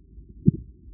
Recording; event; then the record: neck accelerometer signal played as sound; voluntary cough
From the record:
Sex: male